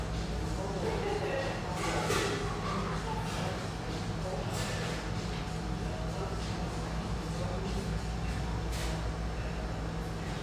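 A steady hum fills this espresso house near the Vancouver riverfront, with a low drone underneath and a blur of voices talking over it. Short clinks and bright clatters break through now and then, around two, four and nine seconds.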